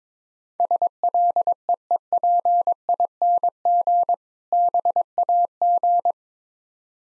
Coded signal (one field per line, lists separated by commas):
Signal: Morse code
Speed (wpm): 22 wpm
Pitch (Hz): 700 Hz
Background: none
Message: SLEEPING BAG